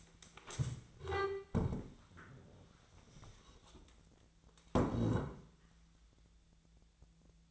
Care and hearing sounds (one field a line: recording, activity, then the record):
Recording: daily activity, microphone in the room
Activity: stand up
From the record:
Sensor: 3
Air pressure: 1000.5 hPa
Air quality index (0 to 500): 171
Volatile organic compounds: 3 ppm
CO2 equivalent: 1488 ppm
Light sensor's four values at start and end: 14/33/14/14 and 14/33/14/15